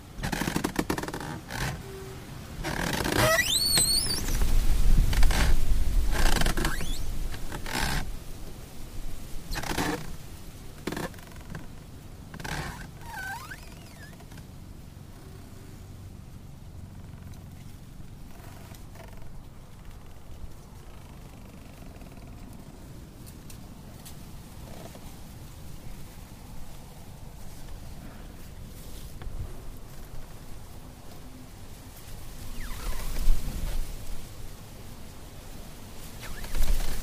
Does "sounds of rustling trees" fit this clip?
yes